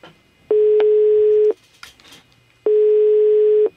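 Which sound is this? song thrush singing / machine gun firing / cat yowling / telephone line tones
telephone line tones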